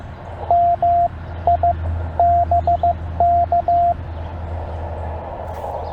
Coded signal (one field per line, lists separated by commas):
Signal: Morse code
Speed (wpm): 16 wpm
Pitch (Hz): 690 Hz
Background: radio noise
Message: M I BK